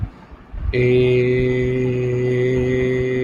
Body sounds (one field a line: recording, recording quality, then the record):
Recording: sustained vowel as in made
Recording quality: excellent, no background noise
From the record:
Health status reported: healthy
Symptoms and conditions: asthma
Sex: male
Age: 32 years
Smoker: yes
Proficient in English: yes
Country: India